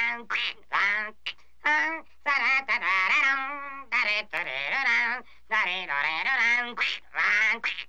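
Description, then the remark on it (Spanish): A rapid run of loud, nasal, raspy duck quacks in irregular bursts with short gaps, sounding like a voice imitating a duck rather than a real bird. “Yo soy un pato, pero no crean ustedes que un pato común y corriente.”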